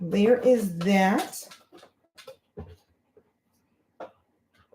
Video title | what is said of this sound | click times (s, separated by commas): LetPot SE Unboxing | And it just pops right, it pops right out. | 4.0 s